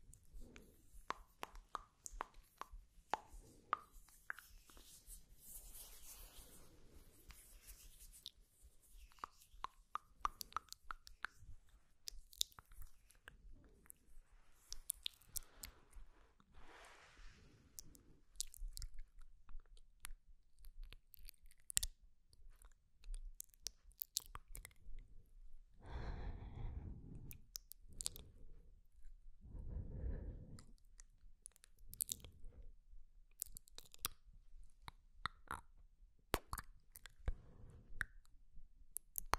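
Mouth sounds come in a dense stream of quick wet clicks, pops and smacks, irregular and bright, running through the whole clip. Around 26 and 30 seconds, two louder, fuller bursts stand out, like chewing or a heavier smack, before the fine clicking resumes.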